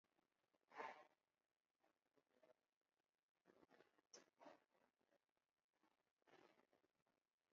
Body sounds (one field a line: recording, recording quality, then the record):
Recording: shallow breathing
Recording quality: moderate, slight background noise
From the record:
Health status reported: COVID-19 positive, moderate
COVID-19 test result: positive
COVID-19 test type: RT-PCR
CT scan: taken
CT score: 13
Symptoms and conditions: cough, cold, breathing difficulty, fever, fatigue, muscle pain, another respiratory illness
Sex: male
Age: 51 years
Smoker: no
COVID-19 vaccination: one dose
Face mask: worn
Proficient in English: yes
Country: India